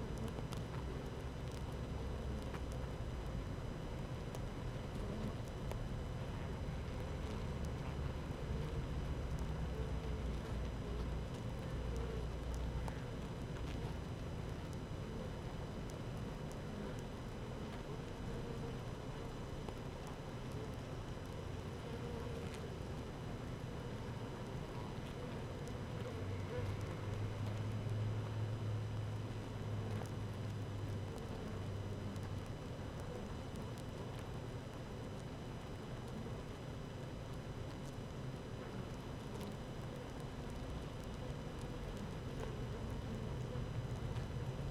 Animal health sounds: honeybee colony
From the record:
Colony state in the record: active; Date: 12 June 2018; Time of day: 15:01

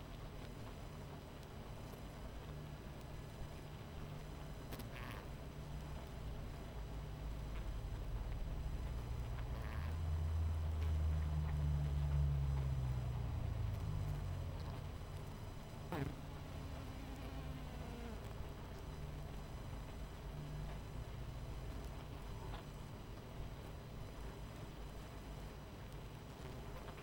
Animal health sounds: honeybee colony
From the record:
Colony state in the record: missing queen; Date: 14 July 2017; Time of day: 22:10

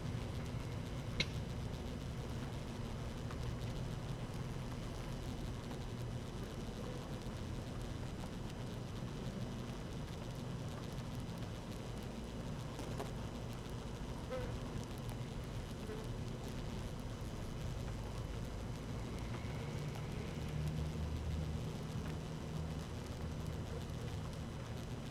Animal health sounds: honeybee colony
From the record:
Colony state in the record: active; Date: 12 June 2018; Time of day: 13:29

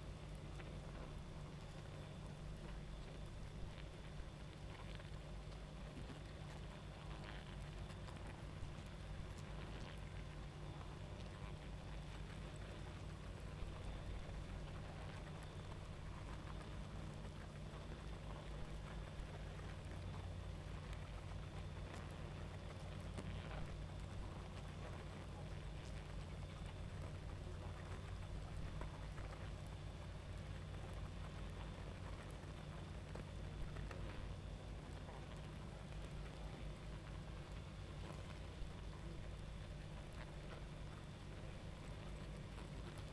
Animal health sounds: honeybee colony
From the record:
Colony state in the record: active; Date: 28 July 2017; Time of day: 23:36

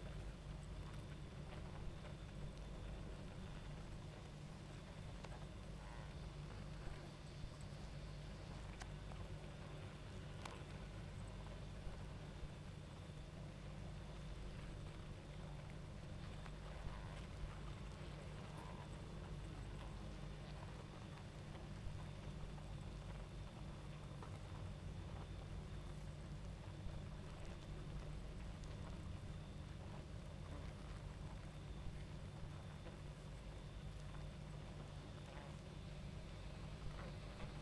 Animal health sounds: honeybee colony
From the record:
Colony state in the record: active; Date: 28 July 2017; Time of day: 22:32

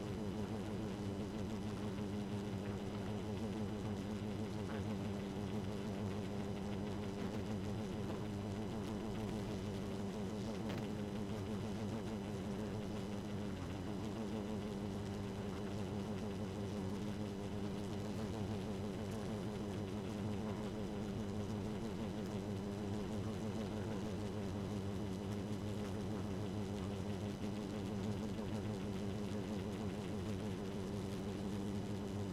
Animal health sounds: honeybee colony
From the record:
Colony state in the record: active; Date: 12 June 2018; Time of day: 1:39

